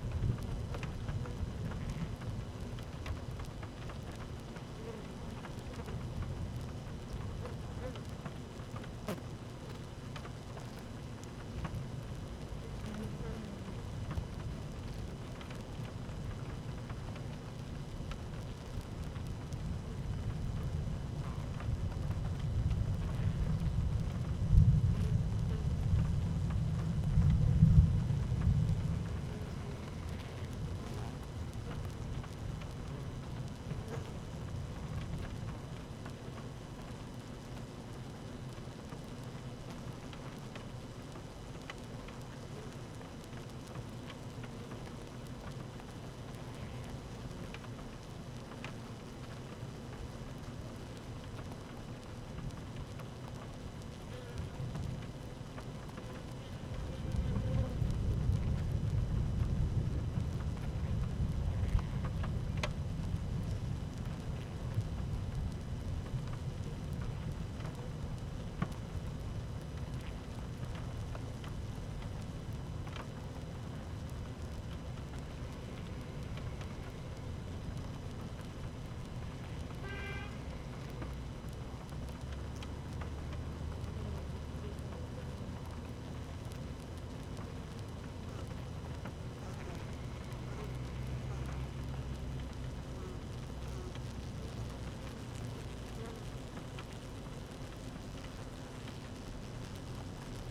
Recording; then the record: honeybee colony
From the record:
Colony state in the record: active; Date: 12 June 2018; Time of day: 13:26